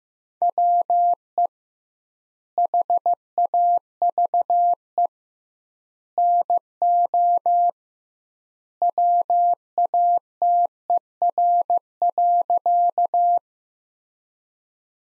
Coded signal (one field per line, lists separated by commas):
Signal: Morse code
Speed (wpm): 15 wpm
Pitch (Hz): 700 Hz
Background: none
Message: WE HAVE NO WATER.